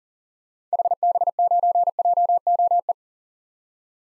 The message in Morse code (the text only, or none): HB9JOE